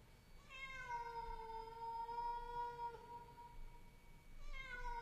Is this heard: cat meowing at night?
yes